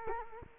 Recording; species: mosquito wingbeat signal from an infrared sensor; Culex quinquefasciatus